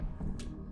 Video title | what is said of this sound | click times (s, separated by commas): Nemesis Transforms Transformers Masterpiece MPG-03 Yukikaze | little piece you want to go ahead and there's a click point you might be able to see it very well it's like | 0.2 s, 0.4 s